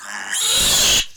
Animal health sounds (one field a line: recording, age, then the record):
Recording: pig call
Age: piglet (1 to 25 days)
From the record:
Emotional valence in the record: negative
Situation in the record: castration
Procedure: castration, cut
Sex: male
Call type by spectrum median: high-frequency call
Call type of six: mixed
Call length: 1.17 s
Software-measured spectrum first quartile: 3149 Hz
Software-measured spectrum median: 5029 Hz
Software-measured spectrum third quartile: 7879 Hz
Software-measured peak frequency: 3286 Hz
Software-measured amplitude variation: 81 dB a second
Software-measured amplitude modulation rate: 21.9 a second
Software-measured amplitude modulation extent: 3.7 dB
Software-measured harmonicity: 1.4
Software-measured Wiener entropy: -1.75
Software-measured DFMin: 527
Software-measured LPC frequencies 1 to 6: 838, 1680, 3295, 3908, 6752, 7334 Hz